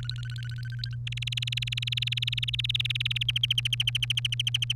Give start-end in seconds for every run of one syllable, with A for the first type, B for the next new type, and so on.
0.00-0.95 A, 1.07-3.31 B, 3.36-4.73 C